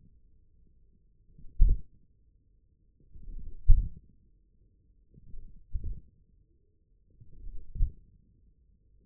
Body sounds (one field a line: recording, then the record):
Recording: forearm muscle sounds (acoustic myography)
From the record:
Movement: hand closing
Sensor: system 1, eight BSWA MPA416 microphones around the upper forearm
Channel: 3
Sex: male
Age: 28 years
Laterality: right